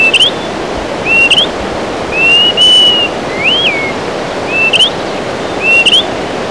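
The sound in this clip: Greater pewee giving clear whistled calls: short upslurred notes, a drawn-out level whistle and a rising-then-falling slur, about once a second, over a steady rushing hiss.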